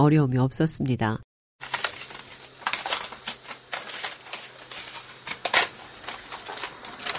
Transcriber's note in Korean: 현장음: 야디의 옷수선 가게